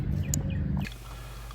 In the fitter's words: and into the socket uh you'll hear a click